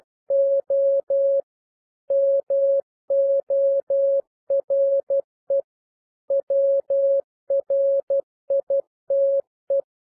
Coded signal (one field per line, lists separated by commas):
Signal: Morse code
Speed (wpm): 12 wpm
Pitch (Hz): 550 Hz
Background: none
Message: O MORE WRITE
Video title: Improve Your Morse Code 9-12 WPM - 12-12 WPM